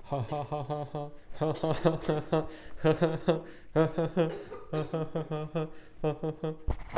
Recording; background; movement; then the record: laughter; a bystander coughing; sitting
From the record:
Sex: male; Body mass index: 23.7 kg/m2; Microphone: on the chest, facing outward